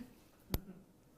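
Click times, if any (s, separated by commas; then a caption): 0.5 s. The tongue of a silver bracelet's box clasp is pushed shut into the clasp close to a microphone, giving a single sharp, bright click at 0.5 s against a quiet, low background. The clasp seats, and the crisp click is taken as a sign of quality and solid metal weight.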